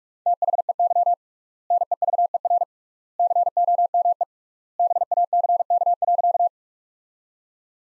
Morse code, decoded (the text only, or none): THEY NEVER COME BACK.